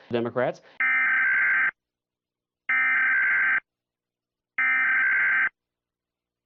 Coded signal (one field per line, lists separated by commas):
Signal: Emergency Alert System (SAME) tones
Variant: header bursts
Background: speech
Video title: The Fractured Union - EAS Scenario